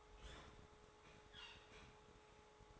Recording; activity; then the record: daily activity, microphone in the room; open fridge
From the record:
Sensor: 3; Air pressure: 1004.6 hPa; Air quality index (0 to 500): 194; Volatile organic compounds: 13 ppm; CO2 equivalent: 2428 ppm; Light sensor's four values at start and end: 5/12/4/4 and 5/12/4/4